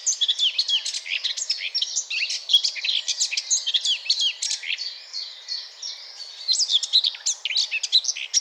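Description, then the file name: Eurasian blackcap song, a fast, dense run of varied warbled and chattering notes that carries on almost without a break for the whole stretch. "Sylvia atricapilla"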